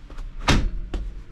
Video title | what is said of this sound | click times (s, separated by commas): [4] Converting My Peugeot Boxer (L2H2) Into A Campervan - Swivel Chair | so you're going to hear it click in a sec you ready | 0.9 s